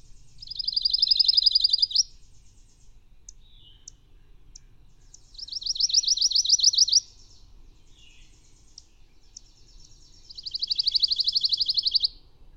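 Bird song of three fast, even high trills about five seconds apart, each lasting one and a half to two seconds, with faint scattered chirps between and a low background hum.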